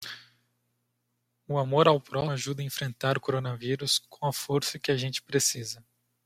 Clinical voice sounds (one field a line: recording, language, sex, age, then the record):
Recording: spoken sentence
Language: Brazilian Portuguese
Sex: male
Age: 20 to 29 years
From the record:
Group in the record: control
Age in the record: 26 years